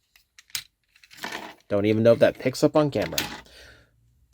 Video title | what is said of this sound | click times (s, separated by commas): DNA Design Master Upgrade Animated Menasor Kit (Random Review) | If it is flush and in the spot it's supposed to, you will get a little click when you actually raise the knee up. | 0.5 s